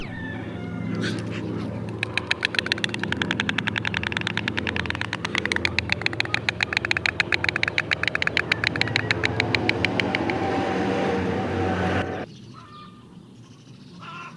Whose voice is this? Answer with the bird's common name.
White Stork